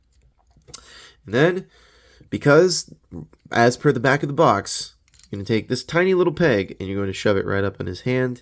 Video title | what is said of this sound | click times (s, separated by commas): Transformers Legacy United Core Class Geocron | fold it all the rest of the way back until you hear it kind of click into place a little bit. | 0.7 s